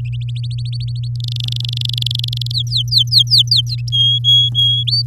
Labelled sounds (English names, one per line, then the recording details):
Domestic Canary song
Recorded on 6 May 2018 at 11:33
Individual llb16